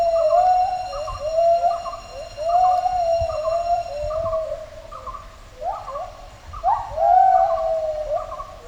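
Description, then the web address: Gibbons calling together: one voice gives sliding whoops that climb and level off, while another repeats short, higher hoots between them. Gibbons performing a duet. "vocalisations gibbons duet"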